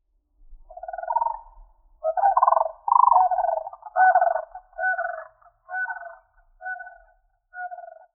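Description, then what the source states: Crane calls: loud, rolling, trumpeting bugles in a series of bursts. Wetland marsh habitat.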